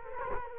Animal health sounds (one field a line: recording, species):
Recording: mosquito wingbeat signal from an infrared sensor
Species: Culex quinquefasciatus